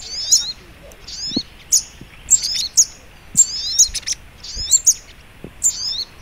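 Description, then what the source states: Little Spiderhunter song: shrill high chirp-and-slur phrases in quick succession, about one per second, over soft background hiss. Training recording (masteran).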